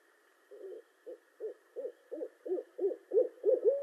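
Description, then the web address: Barred owl hooting in an evenly paced series of short hoots that grow louder, ending in a drawn-out hoot, over a steady faint hum. Recorded 18 March 2012. "Barred Owl 2012 03 18"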